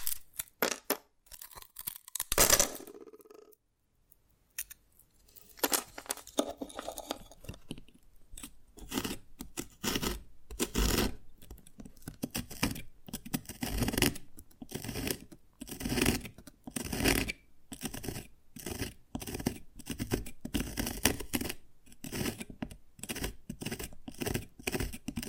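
Dry tapping and scratching on brittle candy, with sharp crackles and scraping strokes. A louder crack near the start precedes a brief pause, then rapid, irregular taps and rasping scrapes continue densely through the rest.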